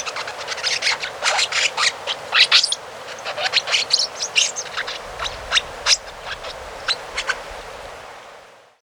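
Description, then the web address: Tit-like dacnis giving a busy series of short, high chirps and squeaky notes, irregular and overlapping, with brief pauses between bursts. Recorded in Ecuador. "Birds of Ecuador Tit-Like Dacnis"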